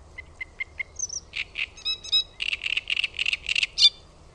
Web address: OMAT AANITYKSET RASTASKERTTUNEN